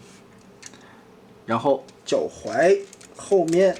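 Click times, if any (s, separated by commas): 0.7 s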